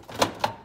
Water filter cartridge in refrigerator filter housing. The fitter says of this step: until you hear it snap in place.